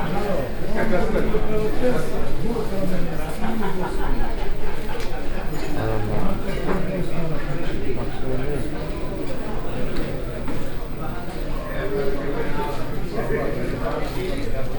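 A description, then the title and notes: A flea market with steady overlapping chatter from many voices, a low constant hum underneath, and occasional light clicks and knocks throughout. Vårberg, Skärholmen, Stockholm, Suède.Loppmarknaden, Lps, record, flea market, second-hand market, vacuum-attics, noise, Binaural, Fostex FR-2LE, MS-TFB-2 microphones.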